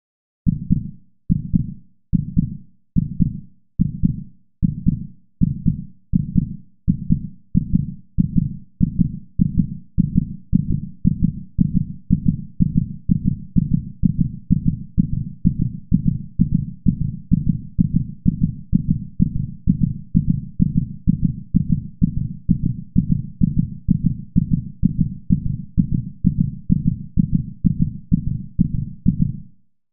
Heartbeat sound.